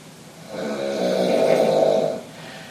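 A single rumbling inhaled snore lasting about a second and a half, rising then fading, from an adult sleeping in a quiet open-plan space at night.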